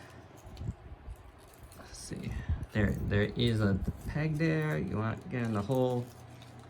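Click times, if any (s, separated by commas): none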